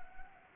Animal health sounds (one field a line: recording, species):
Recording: mosquito wingbeat signal from an infrared sensor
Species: Anopheles gambiae